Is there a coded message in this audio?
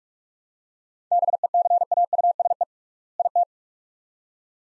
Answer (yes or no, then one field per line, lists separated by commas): yes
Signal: Morse code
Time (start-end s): 1.1-3.4 s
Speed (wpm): 43 wpm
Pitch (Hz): 700 Hz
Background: none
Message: BECAUSE IT